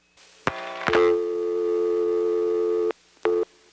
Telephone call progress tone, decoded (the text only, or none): dial tone